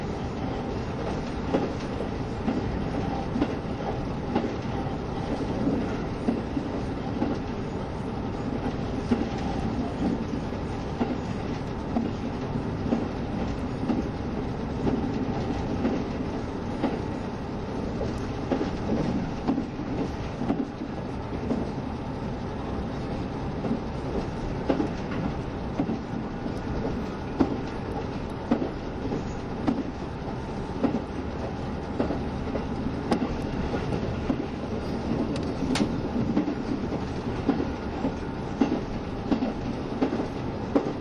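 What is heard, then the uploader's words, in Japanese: Running sound from inside a KiHa 72 series Yufuin no Mori diesel train between Ukiha and Hakata. A steady low rumble and engine drone fill the whole recording, with faint rhythmic clicks from the rails and a few brief squeaks near the middle and toward the end. 配信は、JR九州キハ72系 ゆふいんの森06号02 うきは～博多です。走行音。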